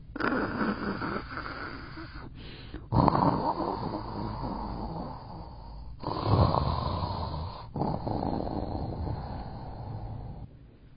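A storyteller imitates a father's snoring, as the child Bobo Ni copies her dad: about four long, rough, rattling breath sounds in eleven seconds, separated by short pauses and uneven in length. It is a playful imitation of an adult's ordinary snoring, not a real sleeper.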